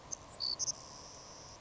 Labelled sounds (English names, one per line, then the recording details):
Savannah Sparrow
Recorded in Sonoma County, California